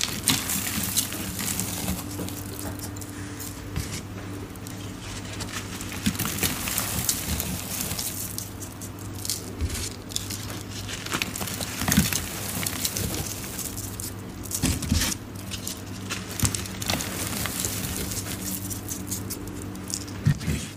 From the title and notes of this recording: Black Iron Oxide & Yellow Glitter Mix. ASMR satisfying crushing reformed gym chalk and synthetic black iron oxide powder.